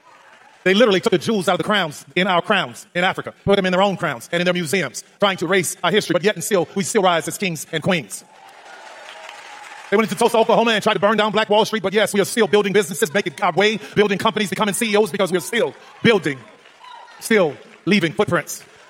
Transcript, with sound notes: They literally took the jewels out of the crowns, in our crowns, in Africa, put them in their own crowns and in their museums, trying to erase our history, but yet and still, we still rise as kings and queens. (audience cheering) They went in T- to Tulsa, Oklahoma, and tried to burn down Black Wall Street, but yes, we are still building businesses, making our way, building companies, becoming CEOs, because we are still building, still leaving footprints.